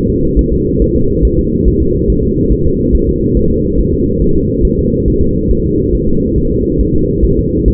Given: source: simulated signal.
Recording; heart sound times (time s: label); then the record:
fetal heart sounds
0.10 s: S2
0.39 s: S1
0.53 s: S2
0.82 s: S1
0.96 s: S2
1.25 s: S1
1.39 s: S2
1.68 s: S1
1.82 s: S2
2.10 s: S1
2.24 s: S2
2.53 s: S1
2.67 s: S2
2.95 s: S1
3.09 s: S2
3.37 s: S1
3.51 s: S2
3.80 s: S1
3.94 s: S2
4.22 s: S1
4.36 s: S2
4.65 s: S1
4.79 s: S2
5.08 s: S1
5.22 s: S2
5.51 s: S1
5.66 s: S2
5.95 s: S1
6.09 s: S2
6.38 s: S1
6.52 s: S2
6.81 s: S1
6.96 s: S2
7.25 s: S1
7.39 s: S2
7.68 s: S1
From the record:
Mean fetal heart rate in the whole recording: 140 bpm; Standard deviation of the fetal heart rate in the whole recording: 2 bpm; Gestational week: 34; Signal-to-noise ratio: -15.3 dB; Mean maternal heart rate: 72 bpm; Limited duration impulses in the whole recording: present